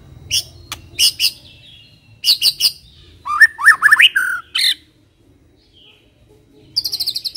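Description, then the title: White-rumped shama: sharp clicking high notes in clusters, then a short run of rising whistled notes, a pause, and a final rapid high trill. Aggressive, fierce song of the white-rumped shama, used as a lure. "Pancingan Murai Batu Galak"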